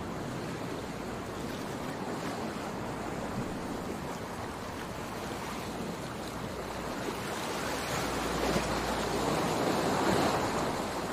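Ocean waves wash in a steady, dense rush of surf with no quiet gaps, the sound spread from a low rumble up to a bright hiss. It swells gradually, growing louder and fuller around eight to ten seconds as a larger wave builds.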